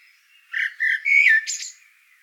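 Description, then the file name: Eurasian blackbird delivering one brief phrase of fluty whistled notes that finishes in a higher, scratchy flourish. "solsort volker arnold"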